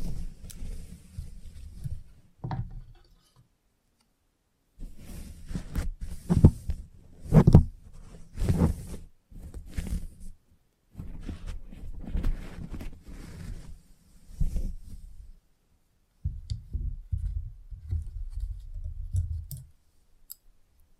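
Salon haircut sounds with a soft, low rumbling base and frequent crisp snips and clicks, thickest between five and ten seconds. Short pauses of near silence break it up around three to five seconds and again near sixteen seconds before the snipping resumes.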